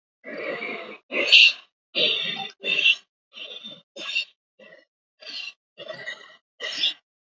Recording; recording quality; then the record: deep breathing; excellent, no background noise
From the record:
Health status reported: healthy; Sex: female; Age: 45 years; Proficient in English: yes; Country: India